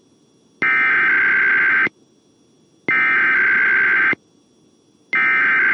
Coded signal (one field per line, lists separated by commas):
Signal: Emergency Alert System (SAME) tones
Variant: header bursts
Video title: EAS Earthquake Warning Tsunami Drill for US Virgin Islands on WAHC 3-10-2022